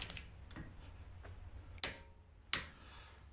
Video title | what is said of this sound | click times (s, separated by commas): DIY Jeep Wrangler Wheel Hub Replacement | to 175 foot-pounds there's the click so | 1.8 s, 2.5 s